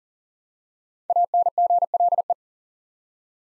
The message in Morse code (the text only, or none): ANGLE